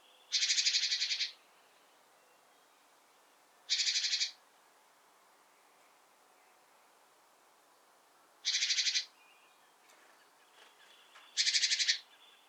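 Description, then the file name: Great tit giving dry, buzzy churr calls, four rasping bursts spaced unevenly over twelve seconds, with faint background hiss. "Parus major"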